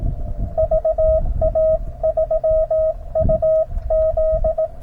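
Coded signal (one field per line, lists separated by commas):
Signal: Morse code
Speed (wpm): 18 wpm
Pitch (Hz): 640 Hz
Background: none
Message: VA3UZ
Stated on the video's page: CW POTA activation and CWops CWT contest run on a KX2 at 5 watts QRP.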